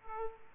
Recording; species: mosquito wingbeat signal from an infrared sensor; Aedes aegypti